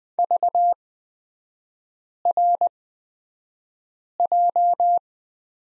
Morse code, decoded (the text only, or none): VRJ